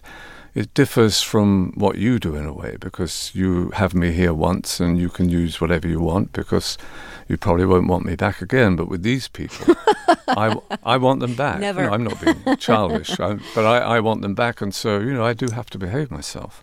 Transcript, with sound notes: But it differs from what you do, in a way, because you have me here once, and you can use whatever you want because you probably won't want me back again. But with these people, I want them back.
(LAUGHTER) Never.
(LAUGHTER) No, I'm not being childish, but I want them back, and so, you know, I do have to behave myself.